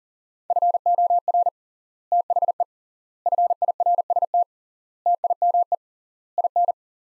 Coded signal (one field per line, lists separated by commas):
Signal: Morse code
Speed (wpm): 40 wpm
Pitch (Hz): 700 Hz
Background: none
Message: FOR THE FIRST TIME IN